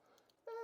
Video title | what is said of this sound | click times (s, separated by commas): I Finished Restoring My Grandfather's Pocket Watch | and it does not click into place. | none